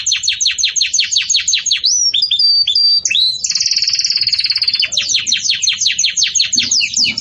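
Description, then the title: Canary song of rapid descending chirps, a short whistled phrase, a dense buzzy trill, then more quick downslurred notes repeated in series. Bell-like ('campainha') song of the Belgian canary, for teaching young chicks. "Belíssimo Canto Do Canário Belga Campainha Para Encarte De Filhotes"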